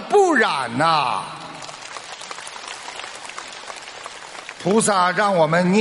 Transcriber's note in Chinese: 掌声